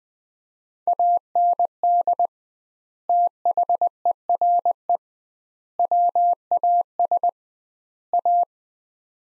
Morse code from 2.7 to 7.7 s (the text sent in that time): THERE WAS